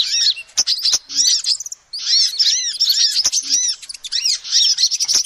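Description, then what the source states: Shrill lovebird chattering, rapid arched squeaks in busy runs with a short lull near the two-second mark and occasional clicks. Lovebird calls used as a lure to trap birds.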